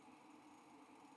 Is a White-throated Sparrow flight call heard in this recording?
no